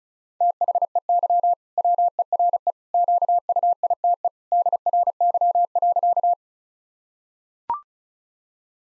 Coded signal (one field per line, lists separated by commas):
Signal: Morse code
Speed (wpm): 36 wpm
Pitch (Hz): 700 Hz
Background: none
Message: THEY WERE QUITE DRY.